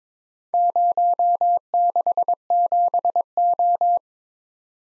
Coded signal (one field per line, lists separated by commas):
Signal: Morse code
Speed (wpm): 22 wpm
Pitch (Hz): 700 Hz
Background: none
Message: 067O